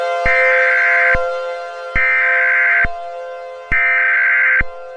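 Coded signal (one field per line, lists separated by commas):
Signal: Emergency Alert System (SAME) tones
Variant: header bursts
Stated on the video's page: Fictional EAS scenario, remastered.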